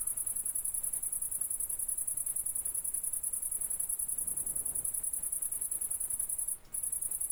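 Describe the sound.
Cricket chirping as a continuous, very high trill with one short gap near the end, over low background rumble.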